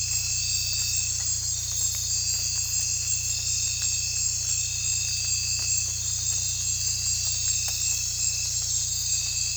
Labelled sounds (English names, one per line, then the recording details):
none
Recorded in dense forest near Puerto Asís, Putumayo, Colombia, on 16 December 2024 at 03:30
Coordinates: 0.467, -76.328
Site GP05